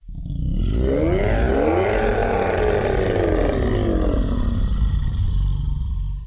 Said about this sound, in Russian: И вскоре раздались первые рокотания демонов.